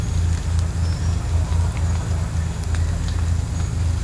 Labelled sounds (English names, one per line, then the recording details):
none
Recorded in pastures near Puerto Asís, Putumayo, Colombia, on 21 December 2024 at 11:00
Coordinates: 0.466, -76.322
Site G040